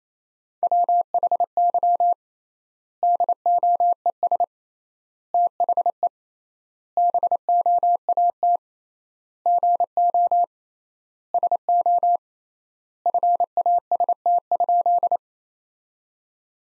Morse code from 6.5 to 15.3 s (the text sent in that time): BOAT GO SO FAST?